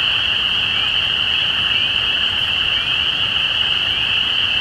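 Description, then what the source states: Spring peepers in full chorus, a shrill continuous drone with a few distinct rising peeps picking out above the crowd. Recorded at Easter 2017.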